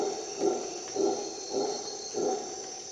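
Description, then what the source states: Howler monkey giving four hoarse roar bursts about half a second apart over steady insect buzzing. Howler monkeys calling at dawn in the Costa Rica jungle, on an expedition.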